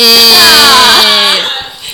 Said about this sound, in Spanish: Grito, más fuerte el grito.